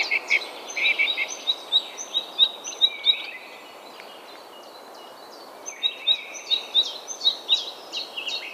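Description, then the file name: Great tit calls, bright high notes in quick bursts with short gaps, and other thin chirps overlapping behind them over a steady background hiss. "Parus major"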